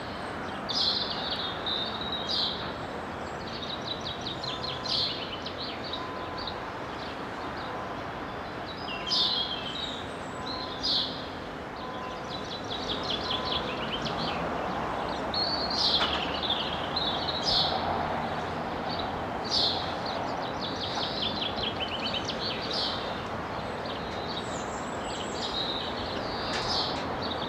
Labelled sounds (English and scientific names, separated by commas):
House Sparrow (Passer domesticus) song